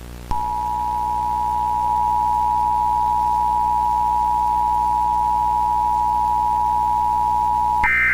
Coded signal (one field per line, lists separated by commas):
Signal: Emergency Alert System (SAME) tones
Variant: 853 and 960 Hz attention tone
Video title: EAS mock: EAS but the TTS kept On Screwing up this alert. (2018)